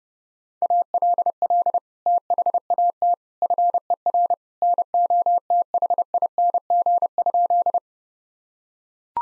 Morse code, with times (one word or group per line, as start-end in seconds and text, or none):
0.6-1.8 ALL
2.1-3.1 THAT
3.4-4.3 FER
4.6-7.8 NOTHING?